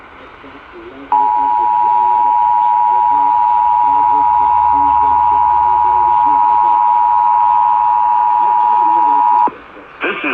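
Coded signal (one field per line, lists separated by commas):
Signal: Emergency Alert System (SAME) tones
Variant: 853 and 960 Hz attention tone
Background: speech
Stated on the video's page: Required monthly test received on broadcast radio in San Francisco.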